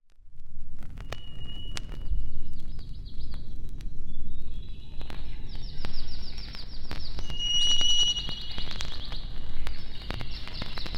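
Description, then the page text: Songbird song, thin high whistled notes, some long and level, others in short series, partly masked by loud rolling low traffic noise. Forest songbirds recorded close to a highway. "Лесные певчие птицы - Nature, близко трасса"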